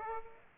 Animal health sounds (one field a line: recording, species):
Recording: mosquito wingbeat signal from an infrared sensor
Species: Aedes aegypti